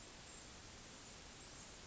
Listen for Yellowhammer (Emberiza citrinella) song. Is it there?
no